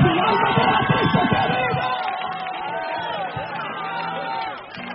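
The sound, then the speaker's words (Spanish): An audience at a church service shouting out "gloria" together, a loud, dense mass of overlapping voices that holds for several seconds and eases off slightly toward the end. “¡Grita gloria!”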